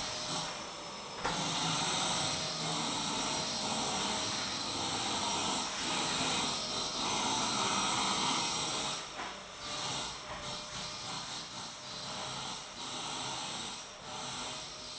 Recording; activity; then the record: daily activity, microphone in the room; vacuum cleaning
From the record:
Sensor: 3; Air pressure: 1009.5 hPa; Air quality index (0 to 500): 196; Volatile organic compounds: 16 ppm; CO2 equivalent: 2548 ppm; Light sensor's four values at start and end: 35/88/38/40 and 36/88/38/40